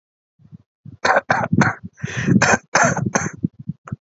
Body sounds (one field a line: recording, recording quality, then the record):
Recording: shallow voluntary cough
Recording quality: moderate, slight background noise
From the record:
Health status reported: respiratory illness, not identified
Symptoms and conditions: asthma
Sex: male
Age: 30 years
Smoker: yes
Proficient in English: yes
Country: India